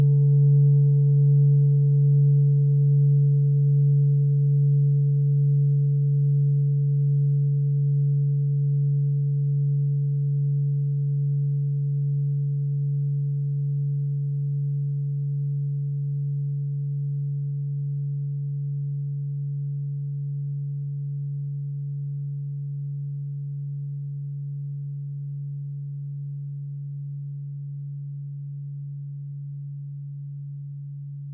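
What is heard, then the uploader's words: A steady, pure 141.27 Hz tone hums low and unchanging for the full half minute, with a faint higher overtone riding above it. A brief high shimmer fades in the first few seconds, and the whole sound slowly quiets toward the end. 141.27 Hz.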